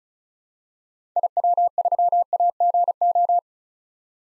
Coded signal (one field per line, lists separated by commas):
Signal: Morse code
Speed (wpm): 36 wpm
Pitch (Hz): 700 Hz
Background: none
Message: IW3AGO